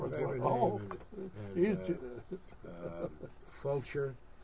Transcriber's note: laughs